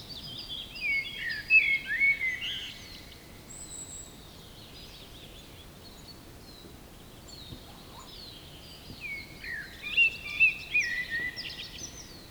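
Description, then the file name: Eurasian blackbird song in two bursts: mellow whistled notes with a twittering finish, then a long gap before the next phrase, a faint thin high whistle between them. "mustarastas"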